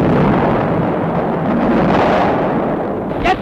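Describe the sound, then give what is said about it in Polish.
A naval gun salvo from the battleship Schleswig as the battle for Gdańsk begins: a loud, continuous low roar of booming blasts that fills the whole moment, ending in one sharper crack just before it stops. “Teraz Schleswig wystrzelił kolejną salwę.”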